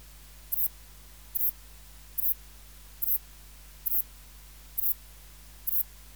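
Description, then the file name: Ephippiger cruciger song: several short, very high-pitched chirps repeated at a steady pace, over a low steady hum. "Ephippiger cruciger"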